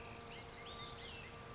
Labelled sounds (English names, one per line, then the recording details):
Olive-sided Flycatcher
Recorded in Sonoma County, California